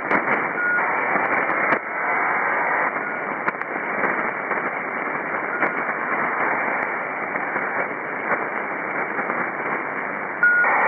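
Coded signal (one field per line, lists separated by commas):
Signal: ACARS aircraft data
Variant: HFDL (ACARS over HF)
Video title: ACARS-HF Node 17 (Teide, Gran Canaria, Canary Islands) - 6529 kHz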